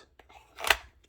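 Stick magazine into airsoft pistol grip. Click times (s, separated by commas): 0.7 s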